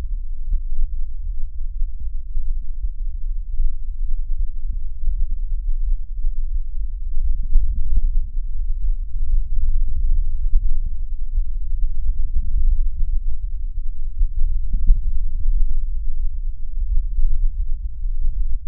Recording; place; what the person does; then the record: lung sounds by stethoscope; left anterior apical chest; quiet breathing, then deep breathing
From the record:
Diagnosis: COPD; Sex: male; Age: 59 years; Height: 175 cm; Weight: 73 kg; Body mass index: 23.8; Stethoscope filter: bell mode